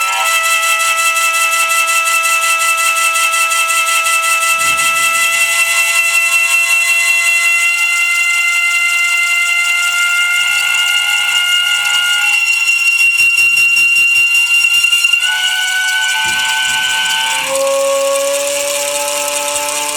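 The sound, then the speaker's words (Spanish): A homemade Intona Rumoris sound sculpture built from a printer motor, found wood, pieces of tube and printer mechanisms gives off a loud, continuous shrill drone of layered whistling tones over steady hiss, its pitch shifting in steps near the end. “Por ejemplo, este, que está hecho con un motor de impresora, con madera encontrada, trozos de tubo, mecanismos de impresora también, creo, de un cuatro pistas, no me acuerdo.”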